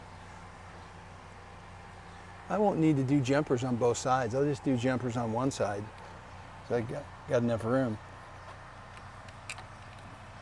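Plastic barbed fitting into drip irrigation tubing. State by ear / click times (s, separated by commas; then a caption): not seated / none. A plastic barbed drip irrigation jumper fitting is handled for pushing into drip irrigation tubing between garden panels, while someone talks in a low, steady background hum. Nothing has seated or clicked yet; the fitting is still not home when the clip ends.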